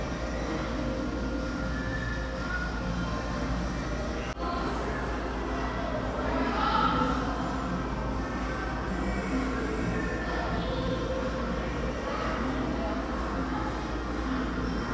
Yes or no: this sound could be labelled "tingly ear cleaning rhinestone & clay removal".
no